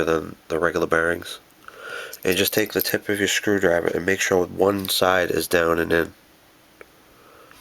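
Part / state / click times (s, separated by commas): bearing retaining clip into fishing reel side plate groove / seated / 6.8 s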